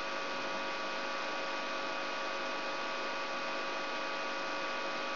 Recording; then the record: brain microelectrode recording played as sound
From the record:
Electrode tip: outside the subthalamic nucleus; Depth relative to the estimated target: -6 mm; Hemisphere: right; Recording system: AlphaMap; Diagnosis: Parkinson's disease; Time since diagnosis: 23 years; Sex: male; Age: 65 years